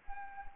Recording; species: mosquito wingbeat signal from an infrared sensor; Anopheles arabiensis